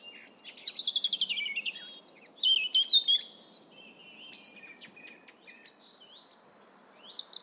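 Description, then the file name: European robin song opening with a rapid trill, then high wavering whistles and scattered sharp ticks before a fresh phrase starts. "Erithacus rubecula"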